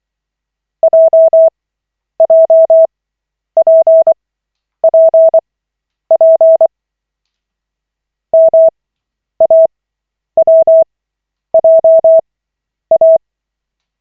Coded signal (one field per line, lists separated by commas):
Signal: Morse code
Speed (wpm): 24 wpm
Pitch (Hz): 650 Hz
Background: none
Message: JJPPP MAWJA